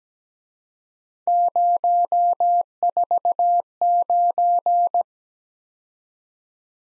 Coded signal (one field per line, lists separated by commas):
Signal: Morse code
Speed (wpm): 20 wpm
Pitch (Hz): 700 Hz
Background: none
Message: 049